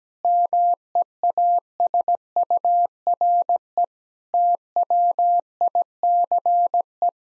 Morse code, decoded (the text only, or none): MEASURE TWICE